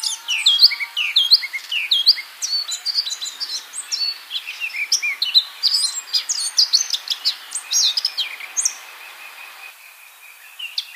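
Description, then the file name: Eurasian blackcap singing a long, rich warble of rapid whistles and chatter, fading near the end with a steady faint tone behind. "Sylvia atricapilla"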